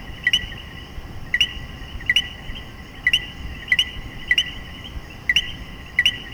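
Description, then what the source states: Common coquí calling co-qui rapidly and steadily, roughly every half to one second, each a quick low note sliding to a higher one, over a humming background chorus. Several coquíes calling in Puerto Rico.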